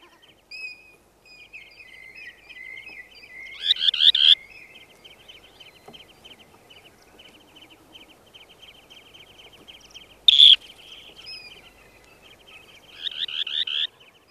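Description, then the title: Dunlin with a drawn-out, even, rattling trill, broken by short, harsh, buzzy outbursts. A faint, steady background hiss continues throughout. "Viikon luontoääni: Suosirri"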